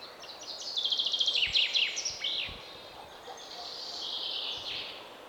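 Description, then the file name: Common chaffinch song, a rapid descending series of bright notes ending in a flourish, followed by a faint, steady buzzing sound. "Fringilla coelebs"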